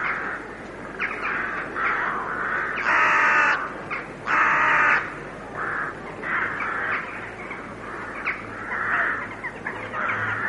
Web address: carrion crow